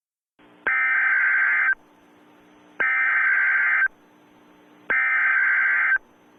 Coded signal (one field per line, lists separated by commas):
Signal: Emergency Alert System (SAME) tones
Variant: header bursts